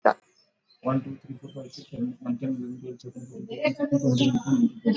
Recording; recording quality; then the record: counting at a fast pace; poor, much background noise or distortion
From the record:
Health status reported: exposed to COVID-19, no respiratory illness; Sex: male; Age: 28 years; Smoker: no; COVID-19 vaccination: both doses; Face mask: worn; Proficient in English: yes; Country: India